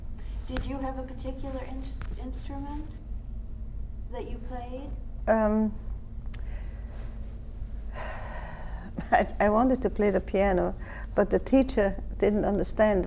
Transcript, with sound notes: Did you have a particular instrument that you played?
[Sighs] I wanted to play the piano, but the teacher didn't understand